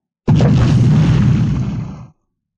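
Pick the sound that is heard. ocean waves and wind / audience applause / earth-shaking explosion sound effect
earth-shaking explosion sound effect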